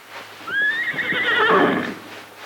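A suffering horse lets out a long, strained whinny, a high wavering cry that rises and trembles for about two seconds before breaking off, with faint hoof thuds and a low hum beneath.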